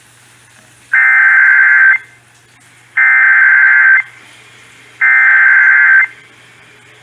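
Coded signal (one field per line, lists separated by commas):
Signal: Emergency Alert System (SAME) tones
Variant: header bursts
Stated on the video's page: Severe Thunderstorm Warning relayed on WBAP-AM and KSCS-FM for Eastland, Erath and Palo Pinto Counties.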